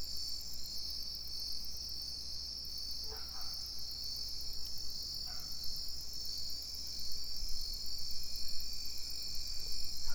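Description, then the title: Cricket chorus, a continuous high-pitched shrill drone, with two brief clusters of chirps from another animal and a low rumble throughout. Crickets in plum trees at Tinun, Tenabo, Campeche, Mexico; recorded with a TASCAM DR-100 mkII recorder and RODE NTG-2 shotgun microphone with Deadcat windshield. "Tinun, Tenabo, Camp., México - Grillos en Ciruelos"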